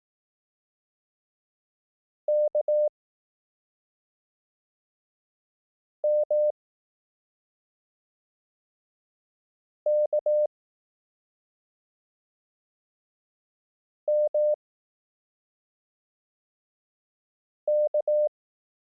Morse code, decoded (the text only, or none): K M K M K